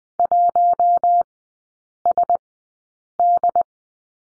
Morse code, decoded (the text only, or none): 1 S D